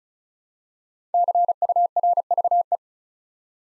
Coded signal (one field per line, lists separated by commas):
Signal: Morse code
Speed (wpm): 36 wpm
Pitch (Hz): 700 Hz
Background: none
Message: CURVE